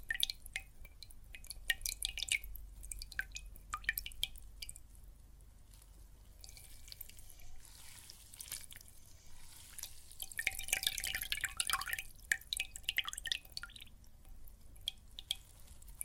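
Water and soap foam crackle and drip in a dense, fizzy patter of small bright pops, thickening around the middle and end, over a low hum.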